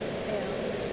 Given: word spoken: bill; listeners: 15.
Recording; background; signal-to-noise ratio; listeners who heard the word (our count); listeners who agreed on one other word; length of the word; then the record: one English word in noise, from a listening test; speech-shaped noise; -6.4 dB; 1 of 15; 12 of 15; 0.53 s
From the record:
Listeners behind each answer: 12, 1, 1, 1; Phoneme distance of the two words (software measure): 7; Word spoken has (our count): 1 syllable, 3 phonemes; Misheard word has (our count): 1 syllable, 2 phonemes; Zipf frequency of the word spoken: 5.09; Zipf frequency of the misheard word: 4.59